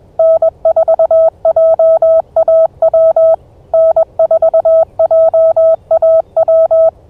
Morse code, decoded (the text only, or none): N4JAW N4JAW